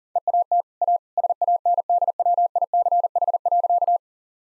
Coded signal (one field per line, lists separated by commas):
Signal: Morse code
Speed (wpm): 40 wpm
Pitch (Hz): 700 Hz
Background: none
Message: EAT A SANDWICH.